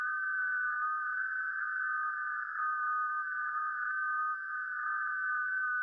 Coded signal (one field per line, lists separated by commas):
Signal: FT8